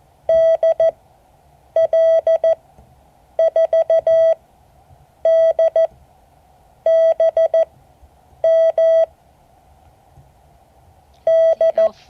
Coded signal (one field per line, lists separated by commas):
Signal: Morse code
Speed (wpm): 14 wpm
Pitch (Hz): 650 Hz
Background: none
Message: DL4DBM D